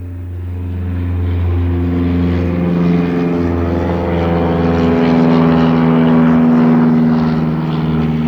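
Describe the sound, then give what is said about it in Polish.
A reconnaissance biplane flying in from the east drones steadily overhead on a frosty winter day, its engine a loud, low, rumbling hum with a buzzing harmonic tone that swells slightly and holds for several seconds, with no voices. “Jakub wyszedł z drewutni i z uniesioną głową śledził lot zwiadowczego dwupłatowca.”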